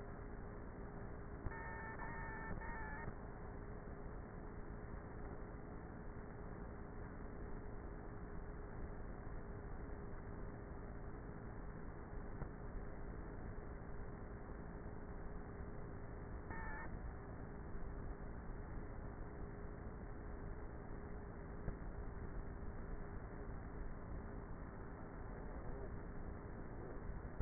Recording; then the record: honeybee colony, microphone inside the hive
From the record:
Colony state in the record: queenless with a low population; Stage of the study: before two queens were removed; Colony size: about 30,000 bees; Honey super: no